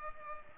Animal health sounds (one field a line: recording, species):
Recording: mosquito wingbeat signal from an infrared sensor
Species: Culex pipiens